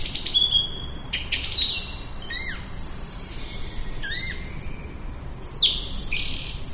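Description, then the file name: Song thrush song: loud, varied whistled and chirping phrases with some clear downslurred notes, delivered in bursts with short pauses. "Singdrossel"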